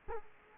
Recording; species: mosquito wingbeat signal from an infrared sensor; Culex quinquefasciatus